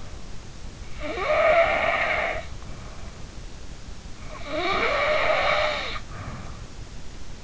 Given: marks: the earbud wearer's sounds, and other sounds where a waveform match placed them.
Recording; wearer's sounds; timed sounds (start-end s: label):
sounds in sleep by an in-ear microphone; snoring breath
0.96-3.16 s: snoring breath
4.37-6.61 s: snoring breath